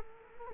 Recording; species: mosquito wingbeat signal from an infrared sensor; Culex quinquefasciatus